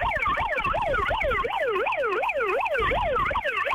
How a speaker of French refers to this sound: Bon, on met la sirène un petit coup là, avant de partir. Un petit coup de sirène, ouais.